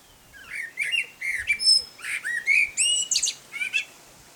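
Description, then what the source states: Common blackbird song, a continuous phrase of rich fluty whistles sliding up and down, finishing with thin high chirping notes. Male song.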